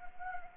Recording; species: mosquito wingbeat signal from an infrared sensor; Anopheles gambiae